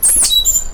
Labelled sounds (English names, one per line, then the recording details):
Stitchbird song
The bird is a male
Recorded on Tiritiri Matangi Island, New Zealand, in 2005
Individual 1, of nest box 1